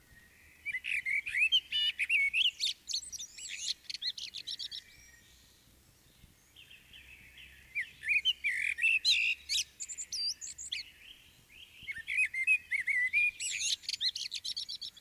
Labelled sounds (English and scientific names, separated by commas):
Common Blackbird (Turdus merula) song